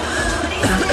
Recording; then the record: coughing mixed with background sound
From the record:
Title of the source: female coughing - coughing sound effects girl